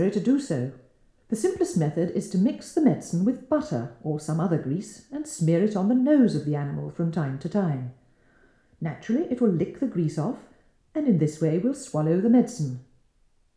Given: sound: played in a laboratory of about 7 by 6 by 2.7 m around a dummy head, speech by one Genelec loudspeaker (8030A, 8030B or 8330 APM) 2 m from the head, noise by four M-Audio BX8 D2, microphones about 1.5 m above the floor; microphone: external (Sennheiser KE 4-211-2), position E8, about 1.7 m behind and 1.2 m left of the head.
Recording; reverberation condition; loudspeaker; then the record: female speech in English; medium; 150 degrees to the left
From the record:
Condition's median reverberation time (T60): about 510 ms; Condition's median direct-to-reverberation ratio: about -0.5 dB